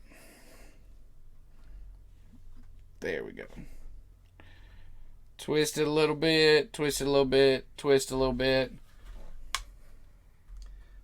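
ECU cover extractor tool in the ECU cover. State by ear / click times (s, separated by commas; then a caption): stripped / 9.6 s. A threaded ECU cover-extractor tool is twisted into the metal cover of a Bosch-style ECU while someone talks, followed by a sharp click at 9.6 s. The extractor's bite strips out of the cover, though the cover lifts a little.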